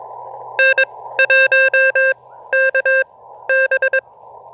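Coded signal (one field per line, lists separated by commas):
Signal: Morse code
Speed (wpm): 22 wpm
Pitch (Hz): 1600 Hz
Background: none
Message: N1KB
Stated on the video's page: QRP CW POTA park activation using Elecraft KX2 with KXPD2 paddles and an end-fed half-wave antenna.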